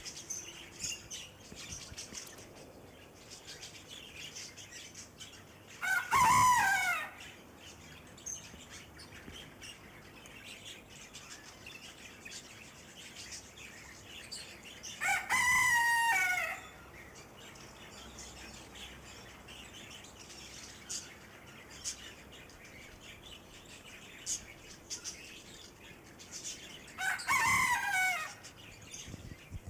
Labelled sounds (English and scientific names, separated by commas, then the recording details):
Cockatiel (Nymphicus hollandicus) call
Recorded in captivity
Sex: group
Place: Zoo Halle, Sachsen-Anhalt, DE
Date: 2004-12-14 13:17
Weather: sonnig, 2°C
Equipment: Sony WM-D6C, Sennheiser ME 80, Kopie Uher 4000 Report Monitor
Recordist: Tembrock, Günter